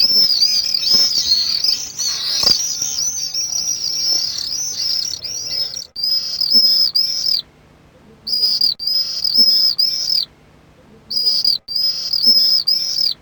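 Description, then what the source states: Common swift screaming, a long shrill wavering run at first, then separate short screeching bursts with silent gaps between groups. Contact calls.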